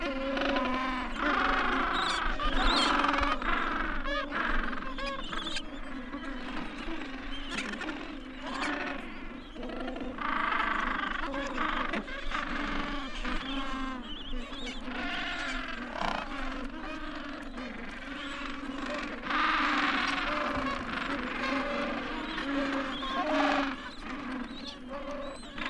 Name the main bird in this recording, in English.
Gentoo Penguin